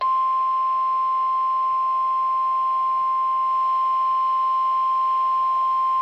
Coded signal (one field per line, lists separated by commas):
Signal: Emergency Alert System (SAME) tones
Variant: 1050 Hz attention tone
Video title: Severe Thunderstorm Warning (EAS #37)